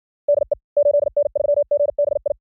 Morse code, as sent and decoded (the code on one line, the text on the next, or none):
-.. . / ---.. -. ...-- --. -... ..
DE 8N3GBI